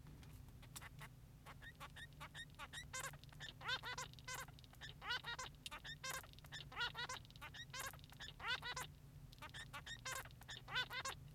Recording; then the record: song of a male Bengalese finch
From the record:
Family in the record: son of father 3